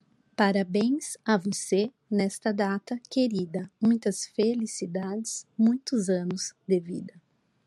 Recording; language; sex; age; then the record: short text; Brazilian Portuguese; female; 40 to 49 years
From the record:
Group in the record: control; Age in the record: 41 years